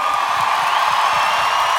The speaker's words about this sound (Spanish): Un aplauso fuerte para los cabros.